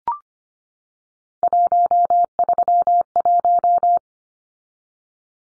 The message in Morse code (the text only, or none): 131